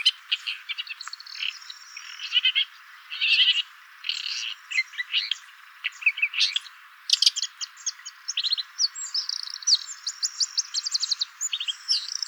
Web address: lanius collurio call